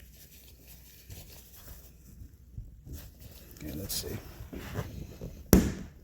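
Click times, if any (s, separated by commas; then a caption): 5.5 s. During a throttle body rebuild on a 1992 (87-95) Chevy 350 5.7 TBI from a GMC Sierra / OBS Silverado, someone talks while a TBI fuel injector is pressed very hard down into its bore in the metal throttle body, with soft handling rustles along the way. At 5.5 s the injector seats with a single loud, sharp snap, the snap that shows it is fully in.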